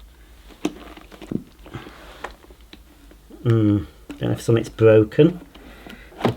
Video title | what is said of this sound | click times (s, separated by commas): Vorwerk Kobold VK117 Vacuum Cleaner Unboxing & First Look | We pop it in. Oh, it does click in place, though. | 6.2 s